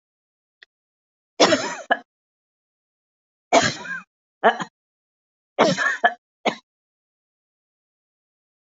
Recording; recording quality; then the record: heavy voluntary cough; excellent, no background noise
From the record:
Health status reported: healthy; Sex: female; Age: 66 years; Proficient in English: yes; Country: India